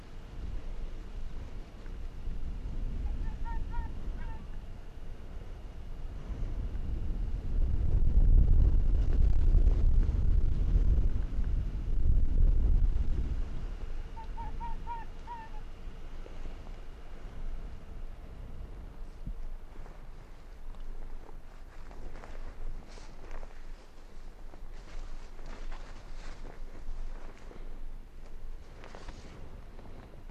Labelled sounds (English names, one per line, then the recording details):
Arctic Fox
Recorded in the wild
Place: Insel Mednyi, Kommandeur-Inseln, RU
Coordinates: 54.5167, 168.083
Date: 1999-08-21
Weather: 11°C, leicht bewölkt, leichter Westwind
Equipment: Sony WM-D6C, Sennheiser ME 80, K 30 AV, Windkorb, Kopie Tascam DA 30
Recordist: Jakupi, Antje